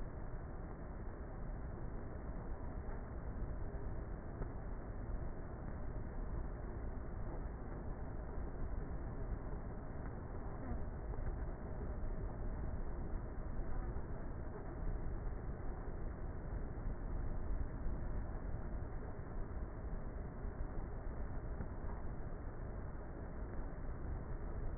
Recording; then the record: honeybee colony, microphone inside the hive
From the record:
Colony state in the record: queenless with a low population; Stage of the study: before two queens were removed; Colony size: about 30,000 bees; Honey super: no